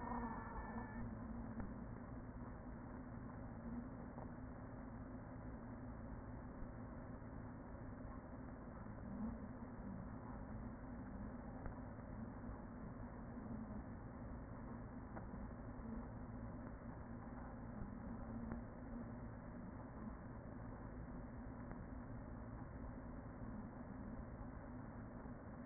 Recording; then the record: honeybee colony, microphone inside the hive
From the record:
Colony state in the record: queen present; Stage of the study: after two queens were removed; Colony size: about 40,000 bees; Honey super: no